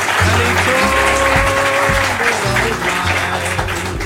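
Steady audience applause, a dense crackle of clapping hands that holds at an even level throughout, mixed with sustained musical tones and low bass notes underneath.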